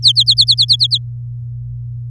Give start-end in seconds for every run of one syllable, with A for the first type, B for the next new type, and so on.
0.02-0.98 A